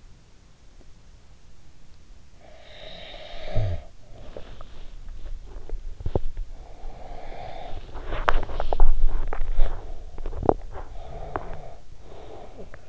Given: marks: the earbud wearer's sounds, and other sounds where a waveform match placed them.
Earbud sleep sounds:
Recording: sounds in sleep by an in-ear microphone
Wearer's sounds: snoring breath, teeth grinding, breath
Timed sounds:
2.11-4.88 s: snoring breath
4.88-11.71 s: teeth grinding
6.52-7.94 s: breath
10.88-12.89 s: breath

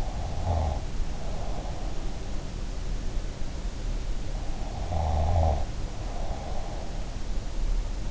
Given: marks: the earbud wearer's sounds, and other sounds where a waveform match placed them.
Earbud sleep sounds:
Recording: sounds in sleep by an in-ear microphone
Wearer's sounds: breath, snoring breath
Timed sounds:
0.00-2.01 s: breath
4.72-6.97 s: snoring breath

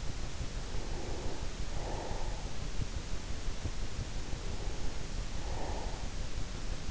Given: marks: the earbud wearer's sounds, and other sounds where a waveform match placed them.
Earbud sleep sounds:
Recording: sounds in sleep by an in-ear microphone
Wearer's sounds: breath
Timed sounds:
0.64-2.98 s: breath
4.28-6.75 s: breath

